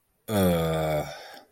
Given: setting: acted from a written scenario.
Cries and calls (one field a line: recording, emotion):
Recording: vocal sound without words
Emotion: contempt